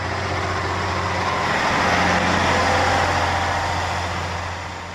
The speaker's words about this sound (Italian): I camion viaggiano notte e giorno trasportando casse anonime, mantenendo su tutta l'operazione la massima segretezza, e anche nei documenti di viaggio la località di Sassocorvaro non viene mai citata con nome giusto.